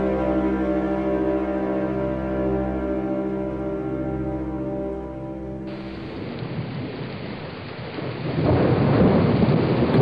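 A low, sustained musical drone gives way to the dense roar of a heavy rainstorm with strong wind on the way into a cemetery, steady hissing downpour that surges louder near the end with a deep rumble of thunder.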